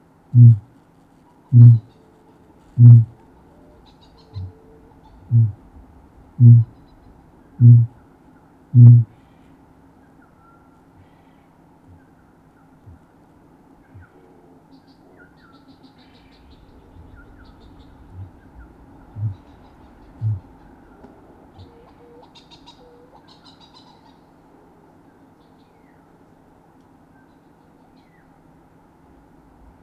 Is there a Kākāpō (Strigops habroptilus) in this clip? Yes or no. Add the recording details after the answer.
yes. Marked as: faintness 2/5, faintness 3/5, faintness 1/5, faintness 5/5. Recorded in New Zealand. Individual Sirocco